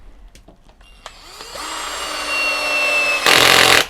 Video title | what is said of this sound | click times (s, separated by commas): TRAPANO A PERCUSSIONE TOPSHAK TS-ED1 Test distruttivo. Avvitatore 18v 48v topshak Banggood. | Ok, la frizione scatta, quindi già con la 5x20 siamo tranquilli | 3.3 s